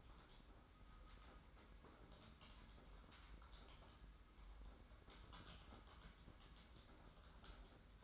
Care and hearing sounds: daily activity, microphone in the room; typing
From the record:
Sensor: 3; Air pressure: 991.7 hPa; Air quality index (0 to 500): 187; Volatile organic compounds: 1000 ppm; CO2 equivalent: 6277 ppm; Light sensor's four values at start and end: 33/95/39/33 and 33/95/39/33

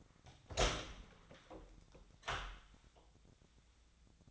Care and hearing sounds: daily activity, microphone in the room; open door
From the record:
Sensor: 3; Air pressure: 1009.2 hPa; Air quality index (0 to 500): 198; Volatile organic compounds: 4 ppm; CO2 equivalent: 1597 ppm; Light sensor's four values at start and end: 43/114/49/49 and 43/114/49/49

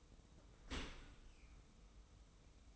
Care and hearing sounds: daily activity, microphone in the room; open dishwasher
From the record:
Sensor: 1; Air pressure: 990.5 hPa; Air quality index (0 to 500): 179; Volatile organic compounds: 1000 ppm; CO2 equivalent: 6614 ppm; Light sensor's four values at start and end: 25/58/25/27 and 25/58/25/27

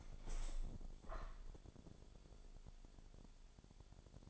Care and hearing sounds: daily activity, microphone in the room; open window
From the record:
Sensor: 5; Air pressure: 1000.6 hPa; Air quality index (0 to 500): 152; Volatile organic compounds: 2 ppm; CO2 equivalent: 1172 ppm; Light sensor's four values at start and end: 39/92/38/41 and 39/92/38/41

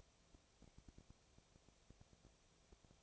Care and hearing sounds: daily activity, microphone in the room; no activity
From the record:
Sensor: 1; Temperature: 19.6 degrees Celsius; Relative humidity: 36.5%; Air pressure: 997.0 hPa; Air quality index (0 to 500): 204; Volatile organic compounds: 129 ppm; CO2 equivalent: 3921 ppm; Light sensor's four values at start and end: 1/2/1/1 and 1/2/1/1

